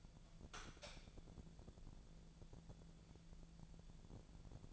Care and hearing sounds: daily activity, microphone in the room; light on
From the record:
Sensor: 5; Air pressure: 1000.2 hPa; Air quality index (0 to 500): 100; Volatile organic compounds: 1 ppm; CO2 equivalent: 817 ppm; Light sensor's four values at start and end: 185/441/187/206 and 181/433/183/201

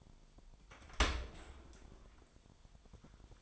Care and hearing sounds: daily activity, microphone in the room; open dishwasher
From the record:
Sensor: 5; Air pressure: 1003.2 hPa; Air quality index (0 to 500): 129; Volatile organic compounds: 1 ppm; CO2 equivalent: 948 ppm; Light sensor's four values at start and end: 91/220/93/106 and 88/212/90/102

